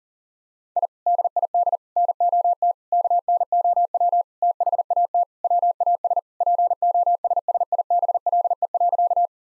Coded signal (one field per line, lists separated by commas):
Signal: Morse code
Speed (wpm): 40 wpm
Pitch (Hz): 700 Hz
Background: none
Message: I DID NOT KNOW THAT WAS POSSIBLE.